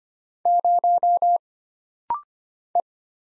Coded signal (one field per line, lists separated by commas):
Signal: Morse code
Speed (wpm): 25 wpm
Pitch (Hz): 700 Hz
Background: none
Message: 0 E